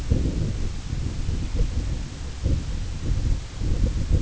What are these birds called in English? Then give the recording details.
none. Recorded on Arctic tundra, site IGLO-A, on 16 June 2018. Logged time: 13:59